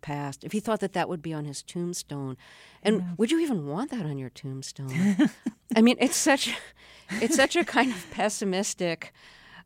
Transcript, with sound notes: if he thought that that would be on his tombstone? And would you even want that on your tombstone?
(Laughter).
I mean, it's such a kind of pessimistic,